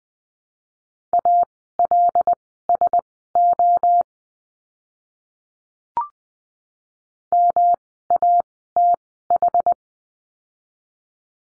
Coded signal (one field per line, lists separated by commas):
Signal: Morse code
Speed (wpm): 20 wpm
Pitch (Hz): 700 Hz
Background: none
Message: ALSO MATH